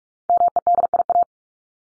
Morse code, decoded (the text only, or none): MEDIA